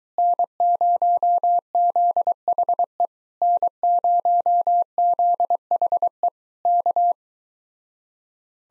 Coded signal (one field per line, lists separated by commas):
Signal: Morse code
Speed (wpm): 23 wpm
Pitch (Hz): 700 Hz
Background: none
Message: N0ZHE N0ZHE K